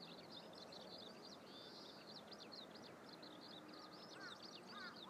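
Eurasian skylark pouring out a continuous high, twittering song of quick rolling trills and chirps, with a couple of brief lower calls near the end and steady background noise.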